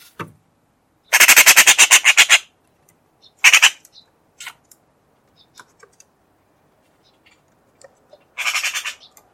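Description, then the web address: Bird giving loud rattling harsh calls, a long fast pulsed burst, a short one, then scattered ticks and a final rasping rattle. "Bird Only"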